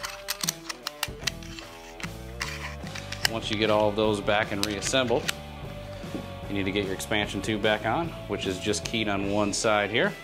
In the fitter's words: if you listen real closely you'll hear them they're kind of like a tumbler on a safe clicking into each other